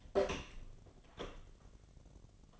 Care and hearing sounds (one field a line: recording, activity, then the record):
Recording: daily activity, microphone in the room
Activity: open door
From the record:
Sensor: 4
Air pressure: 1007.9 hPa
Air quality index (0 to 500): 188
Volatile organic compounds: 6 ppm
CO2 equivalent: 1881 ppm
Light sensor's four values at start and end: 23/74/28/27 and 23/73/28/27